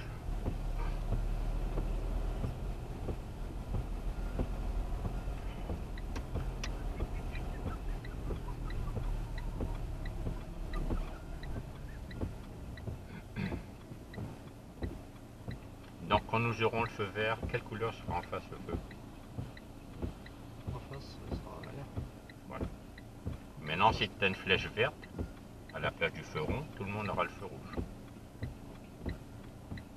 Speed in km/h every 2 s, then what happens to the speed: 21, 21, 22, 21, 18, 12, 0, 0, 0, 0, 0, 1, 0, 0, 0.
0-7 steady at about 21. 7-12 brakes to 0. 12-30 standing.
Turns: none.